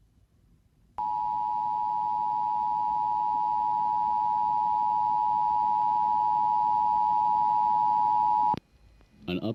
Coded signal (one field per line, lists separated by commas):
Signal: Emergency Alert System (SAME) tones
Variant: 853 and 960 Hz attention tone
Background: speech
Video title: EAS Alerts from WDFA (EAS #160-165)